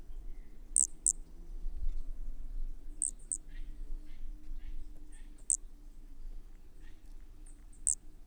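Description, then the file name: Brachycephalus frog giving brief, piercing high notes, singly or doubled, at irregular intervals of about two seconds, with faint low rumbling beneath. Undetermined Brachycephalus species, individual 7, Corcovado, 18 December 2017; recorded at 20–100 cm from the frog; four notes were missed. "MHNCI Brachy sp ind 7 perdeu 4 notas 20-100 cm Corcovado 18 dez 2017"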